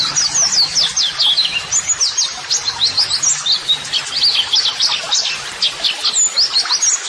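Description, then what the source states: White-eye song: a rapid, continuous stream of high, thin chirps and twittered whistles with quick up-and-down slurs, barely pausing throughout. Masteran (model song) therapy audio for training pleci white-eyes, described as gacor (continuously singing) and meant to prompt birds to reply at once.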